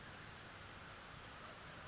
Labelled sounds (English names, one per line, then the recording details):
California Towhee
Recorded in Sonoma County, California